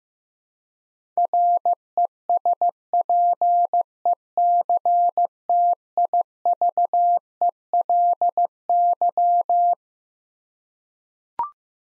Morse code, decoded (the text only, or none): RESPECTIVELY